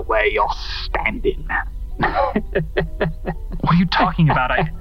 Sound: laughs, it echoes oddly on the tape

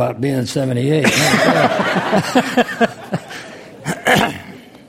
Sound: laughter

